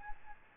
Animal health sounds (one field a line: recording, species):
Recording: mosquito wingbeat signal from an infrared sensor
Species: Aedes albopictus